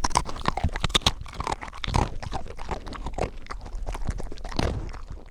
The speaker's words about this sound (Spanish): La vieja parecía estar descomponiéndose, como si llevase muerta demasiado tiempo y la podredumbre acumulada se hubiese ensañado de golpe con su cuerpo. Aún así, parecía masticar de forma mecánica algún tipo de alimento.